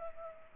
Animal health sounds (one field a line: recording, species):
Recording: mosquito wingbeat signal from an infrared sensor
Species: Culex pipiens